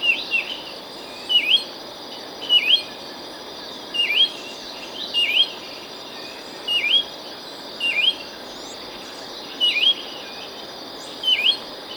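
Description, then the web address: Yellow-cheeked becard giving short upslurred whistles repeated at intervals, against a continuous high-pitched insect hum. Recorded in Ecuador; the bird is also called green-backed becard. "Birds of Ecuador. Yellow-Cheeked Becard (Green-backed Becard)"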